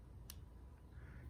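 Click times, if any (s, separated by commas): 0.3 s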